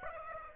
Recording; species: mosquito wingbeat signal from an infrared sensor; Aedes aegypti